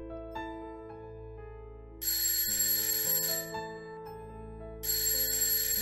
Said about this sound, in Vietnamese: Tiếng chuông báo thức của thằng Tài chất thật. Tôi với tay tắt điện thoại của nó. Cái thằng này làm gì mà đặt báo thức sớm như vậy không biết. Mới có 7 giờ kém mà.